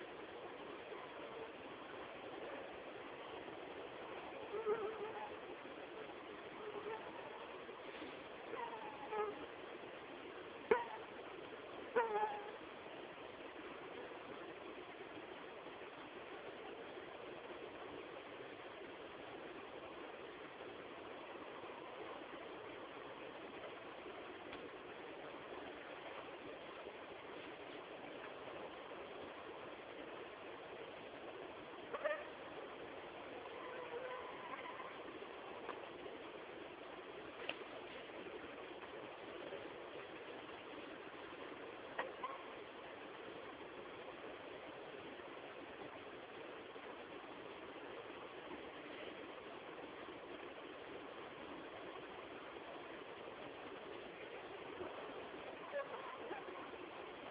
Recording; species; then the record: mosquito flight sound by mobile phone; Anopheles dirus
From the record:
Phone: Samsung T209